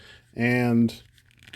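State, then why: Not seated. Someone fiddles a long plastic ball joint on a build-a-figure action figure part toward its socket in the figure's torso. A person talks briefly, then a few faint scratchy handling ticks follow near the end. Nothing has seated or clicked yet; the joint is still not home.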